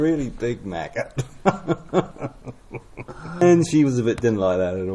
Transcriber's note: chuckle